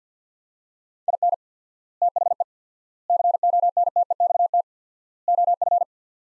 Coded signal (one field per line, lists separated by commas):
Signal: Morse code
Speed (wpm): 50 wpm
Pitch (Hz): 700 Hz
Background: none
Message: IN THE CONTEXT OF